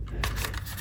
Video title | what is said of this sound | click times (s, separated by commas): Better than DJI Mini 2? - FIMI X8 MINI 4K Folable Gps Drone - REVIEW, FLIGHTS, & GIVEAWAY | snaps in place and then also protects this card from coming out in a crash | 0.2 s